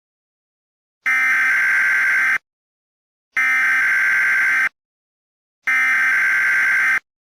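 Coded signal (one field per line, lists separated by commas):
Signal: Emergency Alert System (SAME) tones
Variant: header bursts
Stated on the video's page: Fictional simulated emergency alert scenario.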